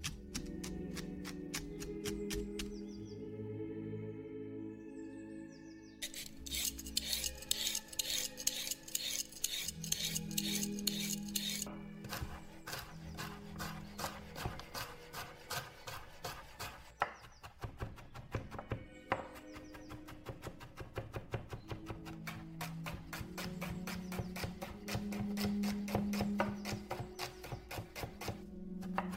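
Old music plays steadily beneath frequent sharp clatters and taps of kitchen cooking, with bright scraping and stirring bursts clustering around the middle.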